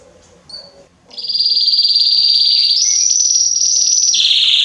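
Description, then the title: Belgian canary song: a few soft notes, then a loud sustained high trill that jumps higher and finally drops lower. Male Belgian canary singing a lot, to warm up young and Belgian canaries within 30 minutes. "Esquente Seu Filhote E Canario Belga Em 30 Minutos Macho Cantando Muito. Esquente seu canrio belga em 30 minutos - Canrio Belga estourado"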